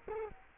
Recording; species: mosquito wingbeat signal from an infrared sensor; Culex quinquefasciatus